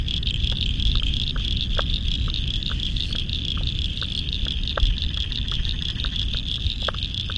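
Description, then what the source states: Frogs in chorus: a throbbing high pulsed note runs throughout, scattered clicks and short calls below, all over a loud low roar. Spring frog chorus at dusk beside the South Pacific Ocean, Royal National Park, Australia, November 2015.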